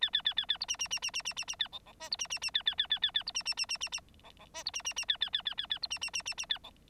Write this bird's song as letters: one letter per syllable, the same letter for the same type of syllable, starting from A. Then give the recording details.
A A A A A B C C C C C C C C A D D E B C C C A A A A A A B C C C C C C D D E B C C C A A A A A A B C C C C C A D. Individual Bird9